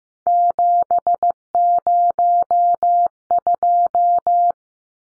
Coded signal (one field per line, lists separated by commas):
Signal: Morse code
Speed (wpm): 15 wpm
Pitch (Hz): 700 Hz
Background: none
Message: 702